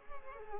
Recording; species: mosquito wingbeat signal from an infrared sensor; Culex pipiens